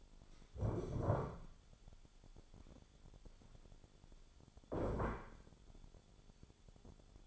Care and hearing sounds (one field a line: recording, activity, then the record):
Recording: daily activity, microphone in the room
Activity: stand up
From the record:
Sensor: 5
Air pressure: 1015.3 hPa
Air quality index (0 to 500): 172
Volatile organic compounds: 6 ppm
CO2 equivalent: 1866 ppm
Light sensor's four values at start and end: 37/84/34/33 and 37/84/34/33